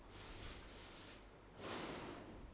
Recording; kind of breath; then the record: one breath in and out by a microphone near the nose and mouth; deep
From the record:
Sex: male